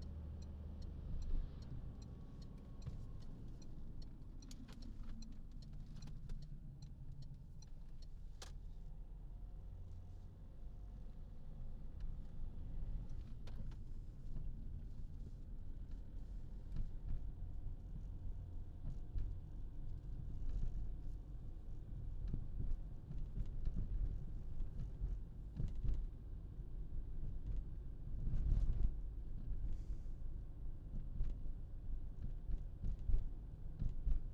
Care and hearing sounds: everyday scene through a hearing-aid microphone; in a vehicle; engine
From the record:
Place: Berlingo II, diesel engine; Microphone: in the ear canal, left

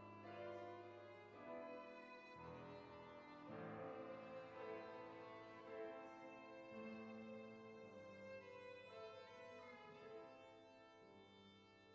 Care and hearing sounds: everyday scene through a hearing-aid microphone; reverberant space; music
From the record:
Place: church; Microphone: behind the ear, right, front

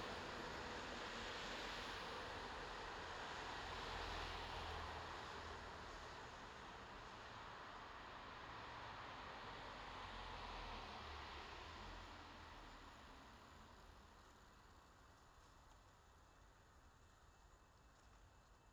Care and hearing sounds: everyday scene through a hearing-aid microphone; in traffic; traffic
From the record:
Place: bus stop on a city main road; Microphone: in the ear canal, left

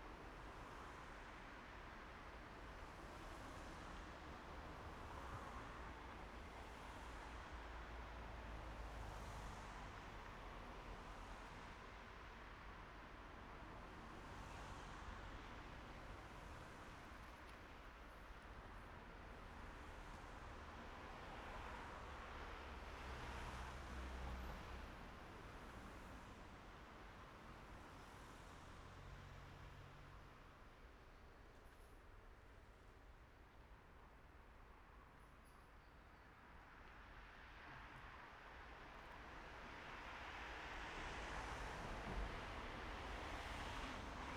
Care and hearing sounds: everyday scene through a hearing-aid microphone; in traffic; traffic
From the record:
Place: main road on the outskirts, rush hour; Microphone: behind the ear, right, front

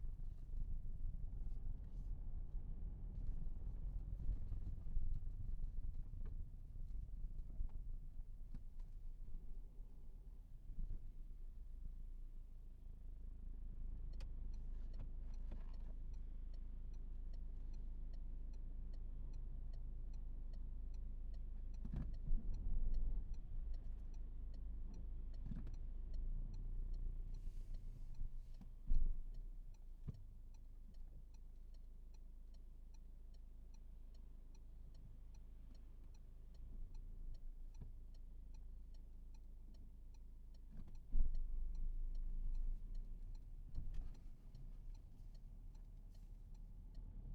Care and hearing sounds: everyday scene through a hearing-aid microphone; in a vehicle; engine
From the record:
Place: Berlingo II, diesel engine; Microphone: behind the ear, right, front

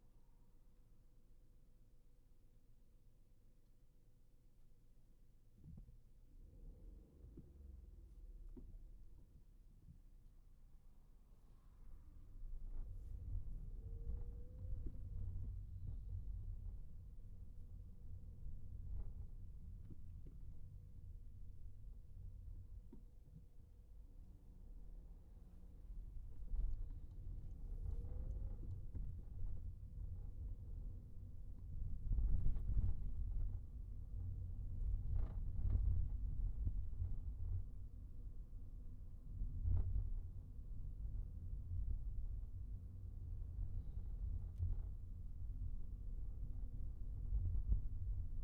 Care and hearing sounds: everyday scene through a hearing-aid microphone; in a vehicle; engine, highway traffic jam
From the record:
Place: Skoda Fabia, gasoline engine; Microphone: behind the ear, right, rear

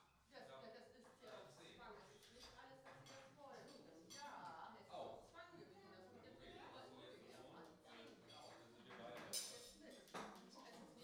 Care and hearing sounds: everyday scene through a hearing-aid microphone; many people talking; many voices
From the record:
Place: parish hall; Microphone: in the ear canal, right

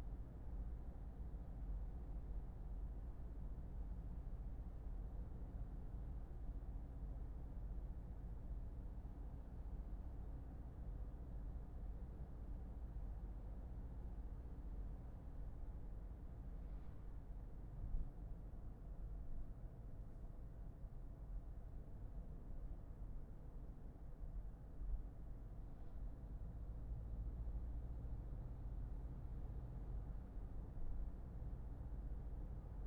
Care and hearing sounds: everyday scene through a hearing-aid microphone; in a vehicle; engine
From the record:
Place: Berlingo II, diesel engine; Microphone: behind the ear, left, front

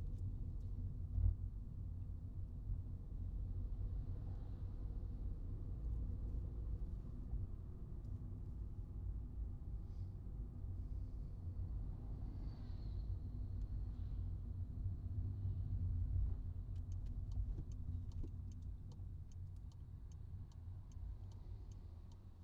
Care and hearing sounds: everyday scene through a hearing-aid microphone; in a vehicle; engine, traffic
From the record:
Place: Skoda Fabia, gasoline engine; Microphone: in the ear canal, right

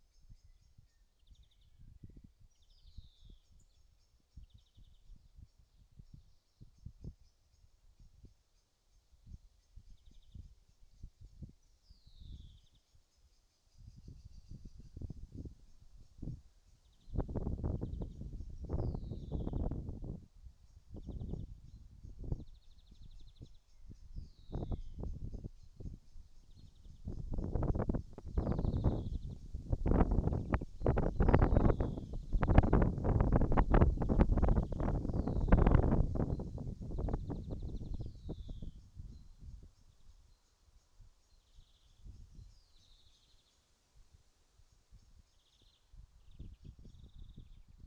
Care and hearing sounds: everyday scene through a hearing-aid microphone; wind on the microphone; wind, birds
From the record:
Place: in front of a rural house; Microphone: in the ear canal, right

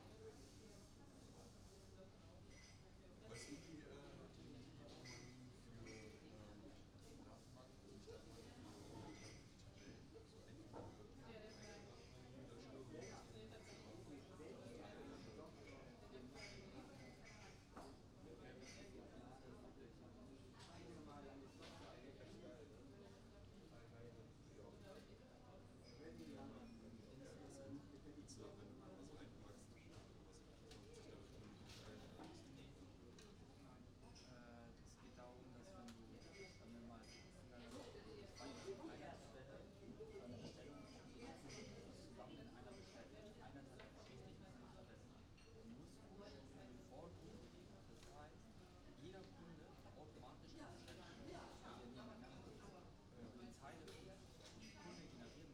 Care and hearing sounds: everyday scene through a hearing-aid microphone; many people talking; many voices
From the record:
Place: university cafeteria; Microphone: in the ear canal, right

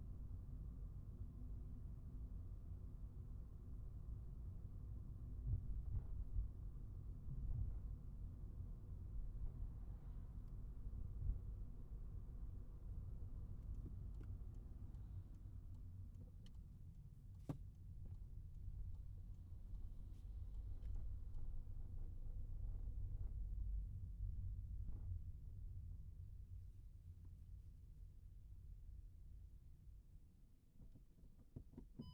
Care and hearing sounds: everyday scene through a hearing-aid microphone; in a vehicle; engine, rumble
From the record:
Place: Skoda Fabia, gasoline engine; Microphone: behind the ear, right, front

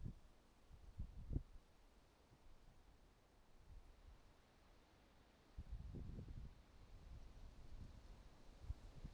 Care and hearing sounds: everyday scene through a hearing-aid microphone; wind on the microphone; wind, traffic, birds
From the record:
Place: suburban garden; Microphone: in the ear canal, right

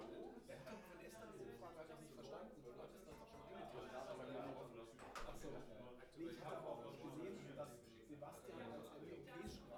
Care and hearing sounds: everyday scene through a hearing-aid microphone; many people talking; many voices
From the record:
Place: bistro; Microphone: behind the ear, right, rear

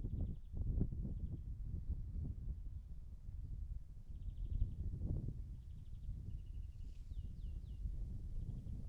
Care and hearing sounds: everyday scene through a hearing-aid microphone; wind on the microphone; wind, birds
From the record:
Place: in front of a rural house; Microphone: behind the ear, right, rear

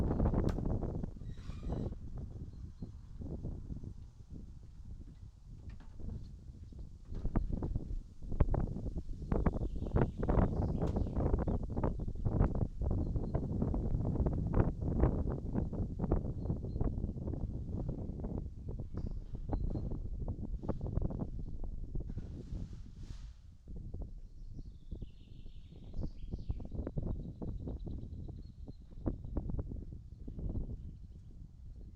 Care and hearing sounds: everyday scene through a hearing-aid microphone; wind on the microphone; wind, other noises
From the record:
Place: in front of a rural house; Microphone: in the ear canal, right

